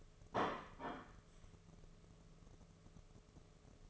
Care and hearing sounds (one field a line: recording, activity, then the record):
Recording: daily activity, microphone in the room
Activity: place plate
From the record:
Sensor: 4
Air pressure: 1016.0 hPa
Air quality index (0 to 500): 207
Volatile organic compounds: 13 ppm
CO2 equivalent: 2386 ppm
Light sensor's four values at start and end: 16/36/15/15 and 16/37/16/16